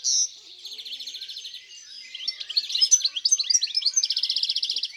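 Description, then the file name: European greenfinch song: fast buzzy trills and rattling twitters alternating with quick chirped notes, all high-pitched and continuous. In the countryside. "Verdier-d Europe-Chants-doiseaux-dans-la-campagne"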